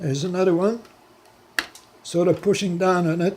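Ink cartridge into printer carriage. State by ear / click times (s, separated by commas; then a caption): seated / 1.6 s. A plastic ink cartridge from a bulk ink CISS is pushed down on its tab into the carriage of an Epson 1400 printer while someone talks. A sharp click at 1.6 s marks the next cartridge snapping home. It is seated and locked in position with less slack.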